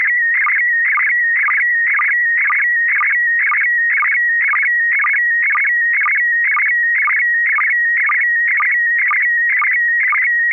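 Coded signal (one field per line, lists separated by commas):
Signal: SSTV (slow-scan television)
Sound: warbling whistle between steady tone, with short low blips repeating about twice a second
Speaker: copy a Smokey and the Bandit I think image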